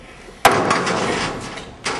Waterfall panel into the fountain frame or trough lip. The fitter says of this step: Notch and locks on